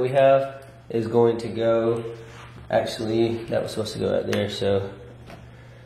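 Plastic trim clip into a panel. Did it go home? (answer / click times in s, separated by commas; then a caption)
partly / 5.3 s. Someone talks while a plastic trim clip is pressed into a panel, with one faint tap at 5.3 s. The clip is only partly seated and not in all the way.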